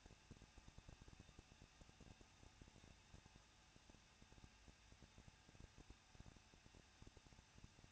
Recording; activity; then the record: daily activity, microphone in the room; no activity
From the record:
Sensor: 2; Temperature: 21.0 degrees Celsius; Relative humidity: 37.4%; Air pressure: 1006.2 hPa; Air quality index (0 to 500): 221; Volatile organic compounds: 24 ppm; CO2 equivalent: 2800 ppm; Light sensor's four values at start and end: 2/3/2/2 and 2/3/2/2